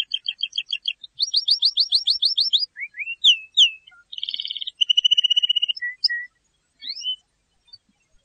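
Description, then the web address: Canary song: quick repeated chips, a fast trill, slurred rising whistles, then a buzzy roll and a steady high trill, with scattered final notes. "honarfardi Canary Sound"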